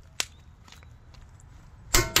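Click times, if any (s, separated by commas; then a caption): 2.0 s, 2.2 s. A click-type torque wrench set to 175 Nm with a 21 mm socket tightens a lug nut on a Tesla Model Y wheel. After a sharp tick at 0.2 s and a few faint ticks, the wrench gives loud broadband clicks at 1.9 s and 2.2 s, confirming the nut reached the set torque.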